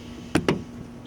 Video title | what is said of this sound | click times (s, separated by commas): How to replace front window motor regulator assembly on a pt cruiser | we've got that locked into place now | 0.4 s, 0.5 s